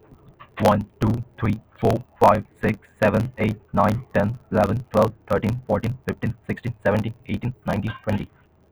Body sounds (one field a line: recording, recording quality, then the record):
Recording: counting at a normal pace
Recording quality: moderate, slight background noise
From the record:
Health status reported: healthy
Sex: male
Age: 18 years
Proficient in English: yes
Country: India